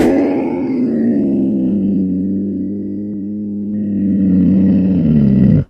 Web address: leopards